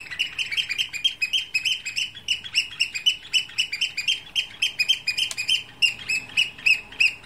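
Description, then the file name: Eurasian oystercatcher: rapid, high, ringing piping notes, steady and insistent. "austernfischer"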